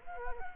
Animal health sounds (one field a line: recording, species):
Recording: mosquito wingbeat signal from an infrared sensor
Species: Culex quinquefasciatus